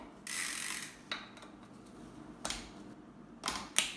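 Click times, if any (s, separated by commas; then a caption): 3.8 s. A click-type torque wrench tightens a bicycle bottom bracket cup into the frame, its ratchet pawl ticking in short bursts of metallic rasping. A sharp final click at 3.8 s signals that the torque setting has been reached.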